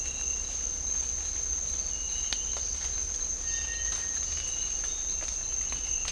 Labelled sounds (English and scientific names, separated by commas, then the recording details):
none
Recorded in dense forest near Puerto Asís, Putumayo, Colombia, on 20 December 2024 at 06:30
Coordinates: 0.499, -76.324
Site G045